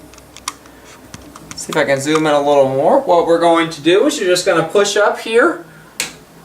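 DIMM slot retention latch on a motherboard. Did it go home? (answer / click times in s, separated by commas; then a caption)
released / 6.0 s. A plastic retention latch on a motherboard DIMM slot is pushed up to release it while someone talks. A few faint ticks come early, then the latch clicks open sharply at 6.0 s.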